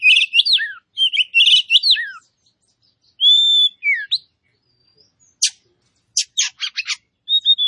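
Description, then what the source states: Oriental magpie-robin song: sweet whistled phrases with slurred falling notes and buzzy trills, broken by short pauses, then a burst of sharp clicking notes and another whistle. Kacer poci variety of magpie-robin, described as gacor, a term for a bird singing freely and prolifically.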